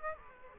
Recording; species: mosquito wingbeat signal from an infrared sensor; Aedes aegypti